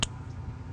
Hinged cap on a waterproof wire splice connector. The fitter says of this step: and then we'll simply snap the cap over you'll hear a click